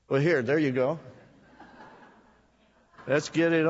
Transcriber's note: laughter